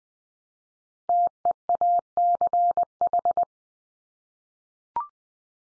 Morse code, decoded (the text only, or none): TEACH